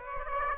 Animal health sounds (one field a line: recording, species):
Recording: mosquito wingbeat signal from an infrared sensor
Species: Aedes aegypti